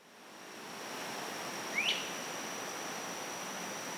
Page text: Maryland Biodiversity. Great Crested Flycatcher ( Myiarchus crinitus )